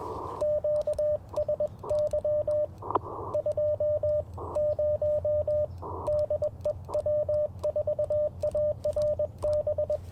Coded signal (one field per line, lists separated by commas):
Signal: Morse code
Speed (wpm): 21 wpm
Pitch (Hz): 590 Hz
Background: radio noise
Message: QSY 20 DE W4ARB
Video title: Morning Morse Code - 12/12/2024